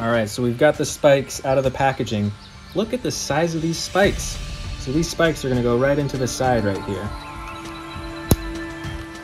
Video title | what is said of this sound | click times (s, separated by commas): GIGANTIC Jurassic World Dino Biggest-to-Smallest Lineup - T-Rex, I-Rex, Giganotosaurus, & More! | and it clicks right in there wow look at that and on the other side | 8.3 s